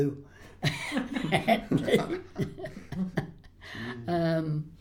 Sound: laughs

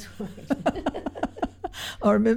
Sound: laughter

